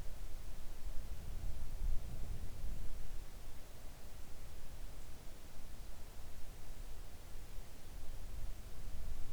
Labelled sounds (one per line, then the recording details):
near silence
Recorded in the Arctic National Wildlife Refuge, Alaska, on 3 August 2019 at 05:38
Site 41